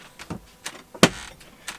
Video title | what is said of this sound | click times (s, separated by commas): STORYTELLER OVERLAND STEALTH MODE 4x4! - #SATvan 2.0? | they lock into place | 1.0 s